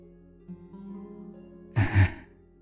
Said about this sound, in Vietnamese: Có tiếng thở nhẹ nhẹ nhưng trợn cả gai ốc lên.